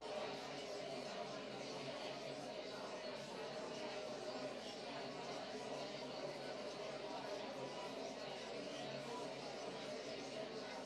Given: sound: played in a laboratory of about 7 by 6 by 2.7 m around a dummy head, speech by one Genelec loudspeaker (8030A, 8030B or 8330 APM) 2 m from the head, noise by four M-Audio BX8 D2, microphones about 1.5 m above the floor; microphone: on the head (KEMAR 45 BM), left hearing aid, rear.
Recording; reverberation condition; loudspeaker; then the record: babble noise; medium; four, about 170 cm from the corners of the room and facing them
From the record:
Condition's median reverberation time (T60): about 510 ms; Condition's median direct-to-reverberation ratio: about -0.5 dB